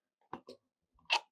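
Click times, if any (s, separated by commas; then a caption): none. A pointed steel chisel bit is pushed into the SDS chuck of a JCB 21-RH 1500 1500W rotary hammer, producing two short bursts of knocking and scraping around 0.3–0.6 seconds and a louder rattle near 1.1 seconds. The chisel does not engage the locking mechanism; nothing has seated or clicked yet.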